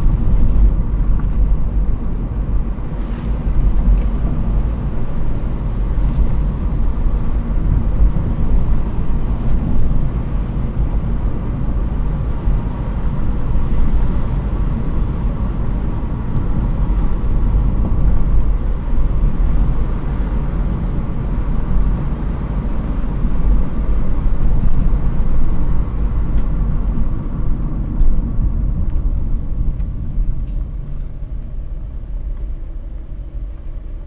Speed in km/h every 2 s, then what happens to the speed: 38, 42, 43, 43, 43, 45, 45, 47, 44, 46, 46, 46, 41, 31, 21, 10, 7.
0-22 steady at about 44. 22-34 brakes to 7.